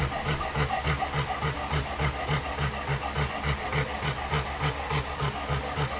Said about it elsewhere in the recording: That's a breathing sound called stridor. It's a sort of a grating noise, a harsh noise that you can hear with changes in flows of air through the upper airway, larynx, trachea, bronchi. It was laryngeal paralysis. These muscles that normally work, the cricoarytenoideus muscles.